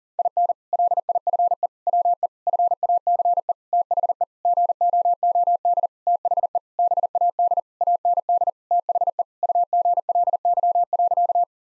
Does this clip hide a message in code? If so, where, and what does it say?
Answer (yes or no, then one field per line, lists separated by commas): yes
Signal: Morse code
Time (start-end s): 0.2-11.4 s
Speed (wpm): 40 wpm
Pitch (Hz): 700 Hz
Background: none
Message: IN LIFE WE FACE THE GOOD THE BAD AND THE UGLY.